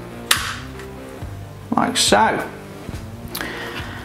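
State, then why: Seated. A plastic keg dispensing fitting is pushed into the keg connector of a Philips Perfect Draft home beer tap machine during a keg change, and it clicks into place with a sharp click at 0.3 s. Someone talks, and a few softer knocks and clatters follow around 1.7 s and 3.4 s over steady background music.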